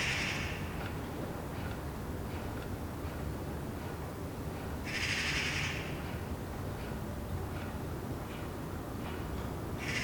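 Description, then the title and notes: Eurasian magpie giving two clear harsh chattering bursts, one at the start and one midway, with another beginning at the end, over steady low background noise. Several magpies chattering in a tree, heard from a balcony in Saint-Gilles, Belgium, on a Sunday morning; recorded on a Sony PCM-D100. "Saint-Gilles, Belgique - Magpies. Dimanche matin sur le balcon. Des pies jacassent dans un arbre. Sunday morning on the balcony. Magpies chattering in a tree"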